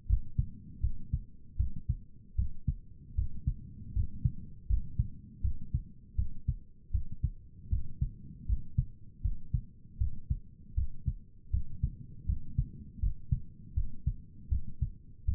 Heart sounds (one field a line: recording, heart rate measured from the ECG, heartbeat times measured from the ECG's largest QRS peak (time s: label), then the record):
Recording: heart sounds by stethoscope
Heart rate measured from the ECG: 79 bpm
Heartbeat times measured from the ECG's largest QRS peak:
0.08 s: heartbeat
0.82 s: heartbeat
1.58 s: heartbeat
2.37 s: heartbeat
3.16 s: heartbeat
3.94 s: heartbeat
4.68 s: heartbeat
5.43 s: heartbeat
6.17 s: heartbeat
6.93 s: heartbeat
7.71 s: heartbeat
8.47 s: heartbeat
9.23 s: heartbeat
9.99 s: heartbeat
10.76 s: heartbeat
11.52 s: heartbeat
12.27 s: heartbeat
13.01 s: heartbeat
13.75 s: heartbeat
14.50 s: heartbeat
15.27 s: heartbeat
From the record:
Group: healthy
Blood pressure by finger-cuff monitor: 111/66 mmHg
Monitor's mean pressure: 76 mmHg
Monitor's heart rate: 79 bpm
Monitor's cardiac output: 7.4 L/min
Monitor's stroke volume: 93 mL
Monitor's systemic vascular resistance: 760 dyn s/cm5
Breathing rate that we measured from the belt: 14 breaths a minute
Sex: male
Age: 19 years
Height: 178 cm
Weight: 83 kg